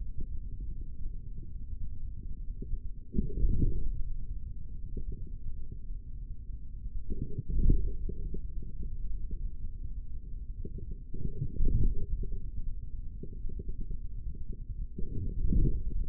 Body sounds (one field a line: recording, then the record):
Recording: forearm muscle sounds (acoustic myography)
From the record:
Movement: forearm pronation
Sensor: system 3, bracelet of six PUI Audio POM-2738L microphones around the upper forearm, with dedicated amplification and filtering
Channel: 5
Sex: male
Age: 56 years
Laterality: right